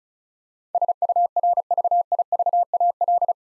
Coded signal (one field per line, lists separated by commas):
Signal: Morse code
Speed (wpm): 36 wpm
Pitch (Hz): 700 Hz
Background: none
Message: SURVIVAL